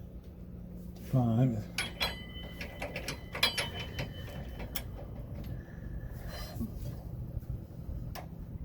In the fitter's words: believe we've reached one little click.